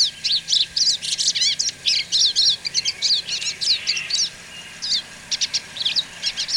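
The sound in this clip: Bird song of rapid, high twittering phrases and sharp chirps in quick bursts, some notes sweeping up and down, with a soft steady background hum.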